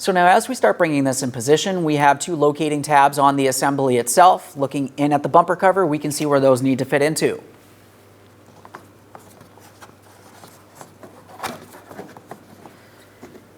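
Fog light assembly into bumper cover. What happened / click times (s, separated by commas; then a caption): The assembly is handled into position with no seating click yet / none. Someone talks for the first 7.4 seconds while a fog light assembly for a 2008–2016 Chrysler Town & Country is brought into position against the bumper cover, its two locating tabs lined up with the bumper cover openings. After that there are quiet handling sounds with faint short taps at about 8.7, 8.8, 9.2, 10.8, 12.2 and 12.3 seconds. The assembly has not been pressed in yet, and nothing has seated or clicked.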